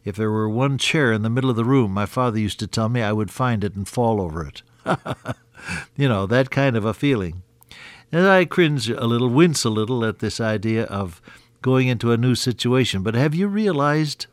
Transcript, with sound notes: If there were one chair in the middle of the room, my father used to tell me, I would find it and fall over it. [chuckle] That kind of a feeling. And I cringe a little, wince a little at this idea of going into a new situation, but have you realized